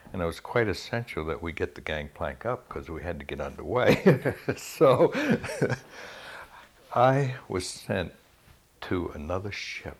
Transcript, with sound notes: And it was quite essential that we get the gangplank up, because we had to get underway. (he laughs) So I sent to another ship